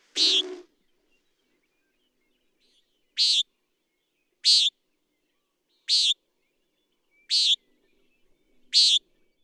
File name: Common Nighthawk